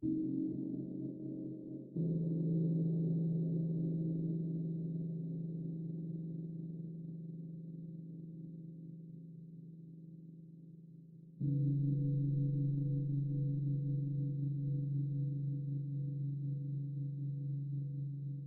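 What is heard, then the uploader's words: Gongs are struck three times, at the start, near two seconds, and again around eleven seconds. Each stroke blooms into a deep, humming low tone with shimmering overtones that slowly fade while ringing on. The later strike is strongest and sustains to the end. Meditation Five Celestial Gongs.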